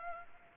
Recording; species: mosquito wingbeat signal from an infrared sensor; Culex pipiens